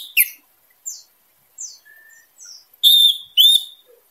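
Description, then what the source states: Orange-headed thrush giving scattered thin high whistles and soft notes, followed by two loud, ringing, rising-and-falling phrases. Indonesian name anis merah; singing intensely and continuously, described with the bird-keeping song terms teler, gacor and dor.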